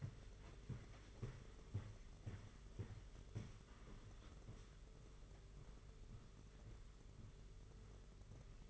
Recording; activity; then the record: daily activity, microphone in the room; walk to room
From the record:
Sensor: 4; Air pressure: 992.0 hPa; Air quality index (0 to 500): 83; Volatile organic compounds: 6 ppm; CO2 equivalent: 1893 ppm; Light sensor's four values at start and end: 21/75/27/29 and 21/75/27/29